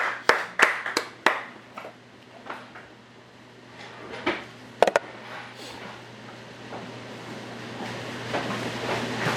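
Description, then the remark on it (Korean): At a church worship service, a handful of sharp, separate claps ring out at first, then a soft, dense wash of audience applause giving glory to God swells steadily toward the end. No one speaks. “우리 큰 박수로 하나님께 영광 올려드리겠습니다.”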